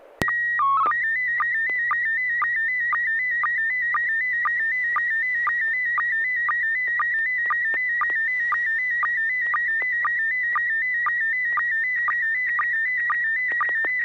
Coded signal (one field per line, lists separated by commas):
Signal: SSTV (slow-scan television)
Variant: PD 120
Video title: N6NA SSTV Net - 06/09/2021